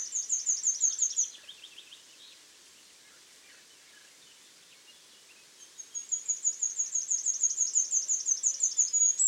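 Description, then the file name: Great tit calling with fast, repeated, high thin notes at the start, a silent pause, then a longer, steady series of rapid high ticks. "Parus major"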